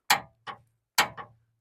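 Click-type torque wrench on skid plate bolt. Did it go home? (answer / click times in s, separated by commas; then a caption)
yes / 0.1 s, 1.0 s. A click-type torque wrench set to 35 ft-lb tightens a CAtuned skid plate mounting bolt under a Winnebago Ekko Ford Transit van. Sharp metallic clicks ring out at 0.1 s and 1.0 s, each followed by a softer tick at about 0.5 s and 1.2 s. The wrench reaches its setting and clicks, confirming the bolt is torqued to 35 ft-lb.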